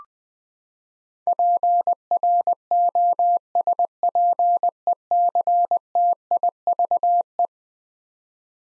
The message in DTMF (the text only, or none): none